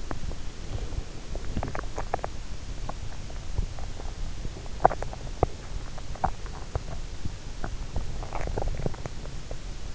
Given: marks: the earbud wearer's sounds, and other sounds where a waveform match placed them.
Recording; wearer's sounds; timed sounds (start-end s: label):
sounds in sleep by an in-ear microphone; body movement
0.00-2.07 s: body movement
2.98-8.83 s: body movement